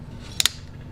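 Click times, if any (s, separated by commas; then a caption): 0.4 s, 0.5 s. The cocking unit on a TenPoint HAVOC RS440 compact crossbow is pushed firmly in, giving two sharp, bright clicks at 0.4 s and 0.5 s over a low background hum. The unit clicks past the anti-dry-fire mechanism and is confirmed seated past the silver piece.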